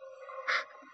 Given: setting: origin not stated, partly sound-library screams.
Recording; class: one-second piece from a danger detection set; woman in danger